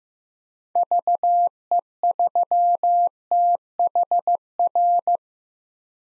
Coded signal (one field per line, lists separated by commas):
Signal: Morse code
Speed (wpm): 15 wpm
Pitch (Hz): 700 Hz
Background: none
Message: VE3THR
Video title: 2023 POTA Hunter Call Signs - 15wpm